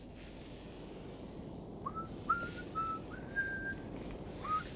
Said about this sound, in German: Könntest du nicht mal was anderes pfeifen? Ich kenne, glaube ich, nur noch dies eine.